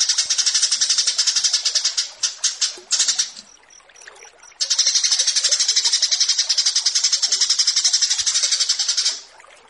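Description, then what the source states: Bush lark song of fast buzzy pulses, interrupted by stuttering bursts and a quiet spell with faint thin notes before a long trill resumes. Tutor (masteran) recording for training cage birds.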